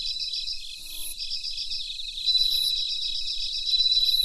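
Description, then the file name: Bell cricket, two or three rising ringing sweeps over a steady pulsed insect trill, with faint low rustling underneath. Recorded together with Mitsukado cricket. "Suzumushi Mitsukado"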